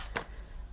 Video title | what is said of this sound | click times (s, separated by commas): Shark Hydrovac WD210UK Cordless Hard Floor Cleaner Review & Demonstration | and then just pop it back into the machine like this it should click into position | 0.2 s